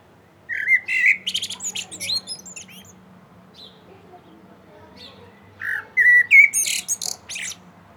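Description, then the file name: Common blackbird song: two warbled phrases around five seconds apart, each a clear whistled opening followed by scratchy high-pitched twittering. "Turdus merula"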